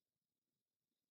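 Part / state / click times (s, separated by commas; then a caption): plastic track pin into a model tank track link / not seated / none. A small plastic pin is handled and pushed toward a link of a 1/35 scale Rye Field Model initial production Tiger tank track. Only very faint, low-level handling noise is heard against near silence, with no distinct click. Nothing has seated or clicked yet.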